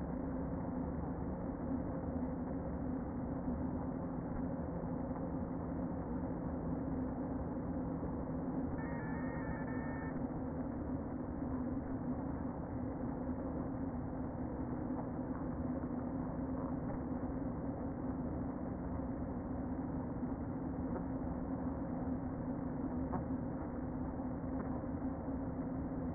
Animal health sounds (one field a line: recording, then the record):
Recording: honeybee colony, microphone inside the hive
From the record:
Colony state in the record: queen present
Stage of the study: before two queens were removed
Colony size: about 60,000 bees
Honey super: yes